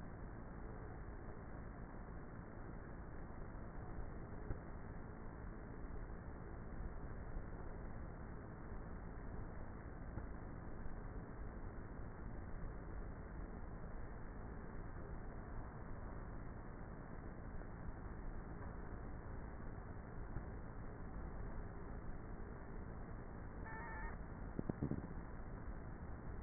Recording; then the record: honeybee colony, microphone inside the hive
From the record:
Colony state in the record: queenless with a low population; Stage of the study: before two queens were removed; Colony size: about 30,000 bees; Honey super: no